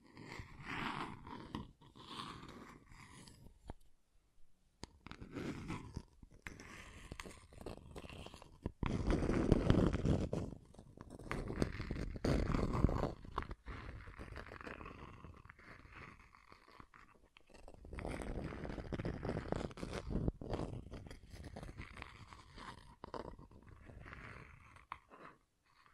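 Scratching and tracing: dense, rough, grinding strokes in uneven bursts, with brief pauses near 4 and 16 seconds and the heaviest scraping midway.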